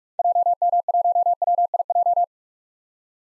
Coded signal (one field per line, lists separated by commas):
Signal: Morse code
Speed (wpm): 46 wpm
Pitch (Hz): 700 Hz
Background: none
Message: JM1WIJ